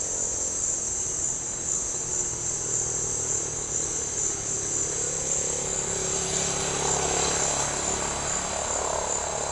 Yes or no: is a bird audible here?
no